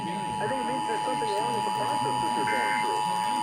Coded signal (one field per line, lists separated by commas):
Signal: Emergency Alert System (SAME) tones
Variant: 853 and 960 Hz attention tone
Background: speech